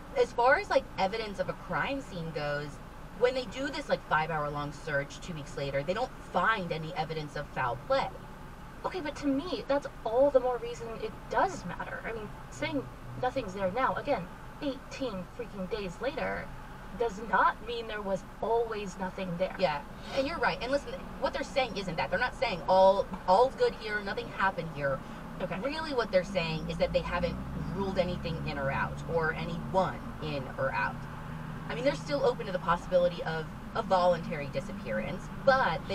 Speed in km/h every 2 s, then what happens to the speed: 0, 0, 0, 0, 0, 0, 0, 0, 0, 0, 0, 0, 0, 0, 0, 0, 0, 0.
0-36 standing.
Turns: none.